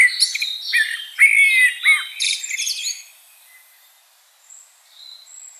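Common blackbird song: a short burst of rich fluty notes mixed with high, scratchy twittering, then near silence with a faint thin note.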